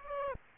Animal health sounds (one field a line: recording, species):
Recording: mosquito wingbeat signal from an infrared sensor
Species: Aedes aegypti